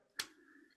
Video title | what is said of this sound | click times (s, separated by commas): How to Fix a Bent Dick - Treating Peyronie's with Mickey | as much as it can go and it has little clicks here so it'll click | 0.2 s